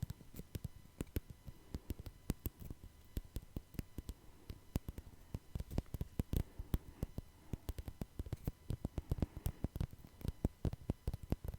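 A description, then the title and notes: Quick, irregular tapping runs through the whole stretch, each tap a sharp, dry click with a solid low thump under it. The taps come in uneven bursts, sometimes several in rapid succession, over a faint steady hiss, with no voice anywhere. Tapping No Talking.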